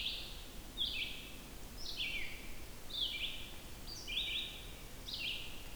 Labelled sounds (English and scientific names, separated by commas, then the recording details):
Red-eyed Vireo (Vireo olivaceus) song
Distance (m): 50 m
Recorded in boreal forest in Alberta, Canada, on 14 June 2016 at 06:15
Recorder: SongMeter 3, array SBT-3-33
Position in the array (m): 153 m, 177 m